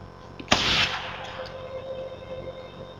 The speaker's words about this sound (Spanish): El silenciador hace del disparo un susurro